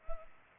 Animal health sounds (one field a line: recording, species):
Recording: mosquito wingbeat signal from an infrared sensor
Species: Culex pipiens